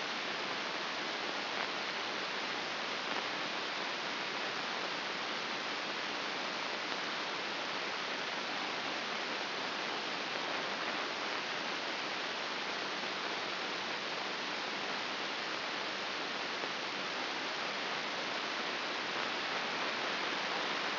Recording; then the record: brain microelectrode recording played as sound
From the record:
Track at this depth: outside the subthalamic nucleus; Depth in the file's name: 5.02 mm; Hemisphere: left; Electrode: 2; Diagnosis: Parkinson's disease